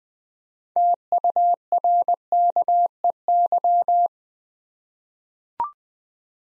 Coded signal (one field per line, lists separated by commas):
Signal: Morse code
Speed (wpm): 20 wpm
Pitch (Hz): 700 Hz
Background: none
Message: TURKEY